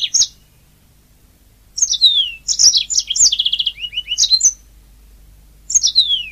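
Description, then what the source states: Oriental magpie-robin song in short bursts of sweet descending whistles, rapid trilled notes and sharp chirps, separated by brief pauses. Kacer song.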